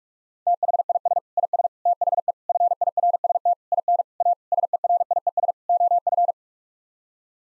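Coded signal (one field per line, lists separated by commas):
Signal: Morse code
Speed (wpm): 41 wpm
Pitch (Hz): 700 Hz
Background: none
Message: THIS IS THE FIRST IN A SERIES OF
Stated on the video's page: Morse sent at 45 wpm as a head-copy drill of common English 8-word groups, each set sent, spoken, then sent again.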